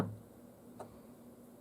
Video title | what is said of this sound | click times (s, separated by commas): How to refill your PENTEL BRUSH PEN! | and it should click in | 0.8 s